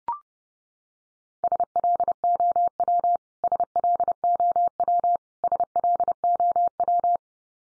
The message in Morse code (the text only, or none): SLOW SLOW SLOW